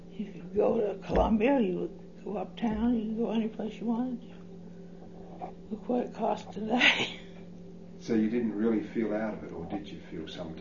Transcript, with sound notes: you could go to Columbia, you could go uptown, you could go any place you wanted to. Look what it costs today! (laughs)
So you didn't really feel out of it, or did you feel sometimes?